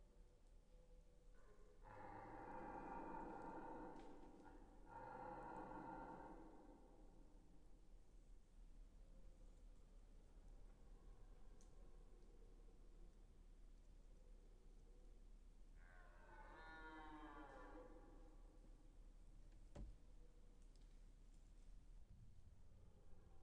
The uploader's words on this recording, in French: Brame du cerf 2009 Foret de Tronçais.